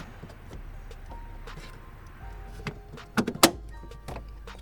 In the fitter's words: just pops right in there